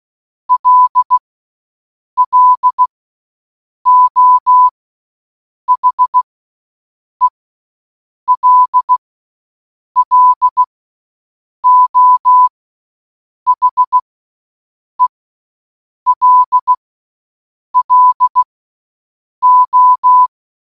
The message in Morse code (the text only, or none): LLO HELLO HELLO